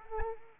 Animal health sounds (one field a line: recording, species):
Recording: mosquito wingbeat signal from an infrared sensor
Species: Anopheles arabiensis